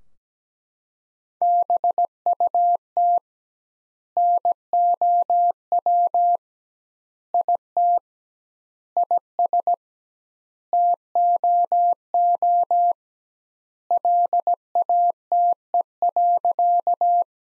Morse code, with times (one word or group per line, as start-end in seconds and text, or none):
1.4-3.2 BUT
4.2-6.4 NOW
7.3-8.0 IT
9.0-9.7 IS
10.7-12.9 TOO
13.9-17.2 LATE.